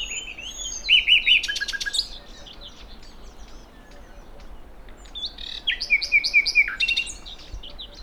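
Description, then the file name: Common nightingale song, two bursts of rich phrases with rapid repeated clicks and short slurred whistles, separated by a quiet pause. "Luscinia megarhynchos"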